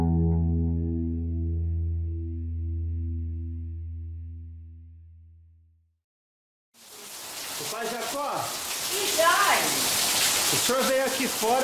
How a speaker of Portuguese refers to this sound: Chuva?